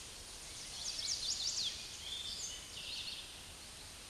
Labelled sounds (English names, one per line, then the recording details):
Chestnut-sided Warbler song
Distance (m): 35 m
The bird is about 5 m below the microphone
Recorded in a Pennsylvania forest on 16 May 2024 at 08:37
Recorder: AudioMoth, point MSD-2306
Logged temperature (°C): 15.6 °C
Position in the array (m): 35 m, 30 m